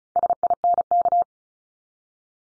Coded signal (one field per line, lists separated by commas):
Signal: Morse code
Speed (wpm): 36 wpm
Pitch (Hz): 700 Hz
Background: none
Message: SINK